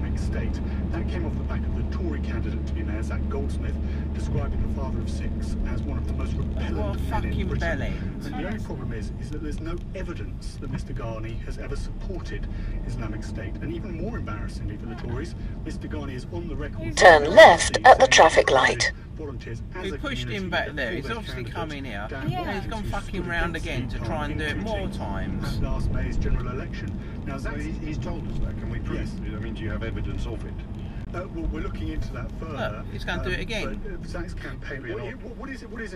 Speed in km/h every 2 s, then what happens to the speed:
37, 39, 39, 34, 18, 18, 23, 24, 18, 16, 18, 19, 29, 29, 26, 23, 13, 5.
0-5 steady at about 39. 5-9 brakes to 18. 9-13 speeds up to 24. 13-19 slows to 16. 19-24 speeds up to 29. 26-36 slows to 5.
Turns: none.